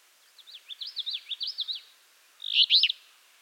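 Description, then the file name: Alder flycatcher gives one loud, rough, burry phrase after a rapid zigzag twittering run. "Empidonax alnorum - Alder Flycatcher"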